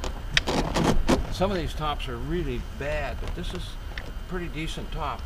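On a 1977 Triumph Spitfire, the front of the convertible soft top is hooked onto the windshield header latches and the latch lever is pulled, giving a sharp metallic hit at 0.4 s as the latch locks into place. Someone then talks about the condition of the top.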